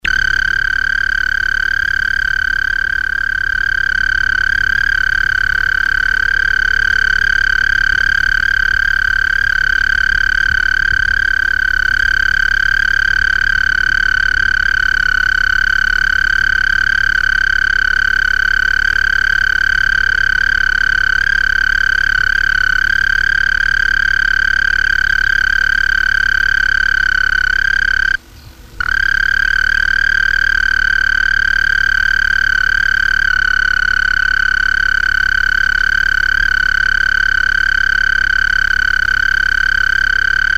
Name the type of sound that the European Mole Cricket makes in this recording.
stridulation